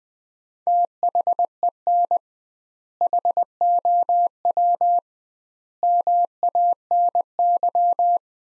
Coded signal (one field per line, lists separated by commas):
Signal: Morse code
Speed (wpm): 20 wpm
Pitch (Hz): 700 Hz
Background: none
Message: THEN HOW MANY